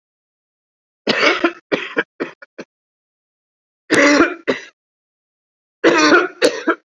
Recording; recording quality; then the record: heavy voluntary cough; excellent, no background noise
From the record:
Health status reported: COVID-19 positive, no symptoms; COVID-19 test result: positive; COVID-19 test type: RT-PCR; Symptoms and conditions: hypertension, diabetes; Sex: male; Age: 46 years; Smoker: yes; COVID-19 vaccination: both doses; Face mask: worn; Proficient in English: no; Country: India